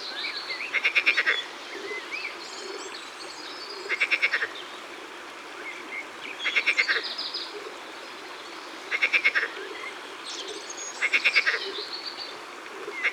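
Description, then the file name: Marsh frog croaking in short rattling, pulsed bursts repeated every few seconds, with faint chirps and a steady background hiss. Laughing green frog recorded in the Ardèche, France, as part of a collection of natural soundscapes. "Grenouille-Verte-Rieuse-Concerts-Naturels-De-l Ardeche"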